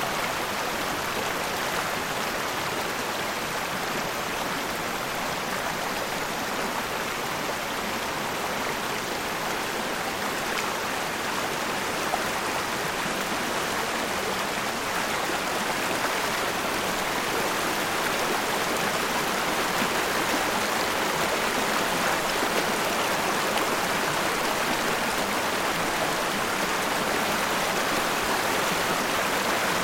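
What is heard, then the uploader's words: A mountain stream rushes over small falls in a steady, dense wash of water that holds the same level for the whole half minute. The sound is full, brightest in the upper middle, with constant fine splashing and little low rumble. In early summer there are enough rocks sticking out so walking up it is possible, as the stream has settled from its spring torrent.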